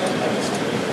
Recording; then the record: background sound without coughing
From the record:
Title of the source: Office Sounds Ambience - Background Noise for Study and Work